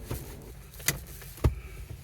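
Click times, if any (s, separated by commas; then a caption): 0.9 s. A plastic trim cover around the gear shifter of a Honda Civic, put back after replacing the shifter bulb, is pressed into the center console until its clips snap in. A sharp click at 0.9 s marks the cover seating, followed by a second short tick near 1.5 s over a low background rumble. The cover is confirmed seated in place.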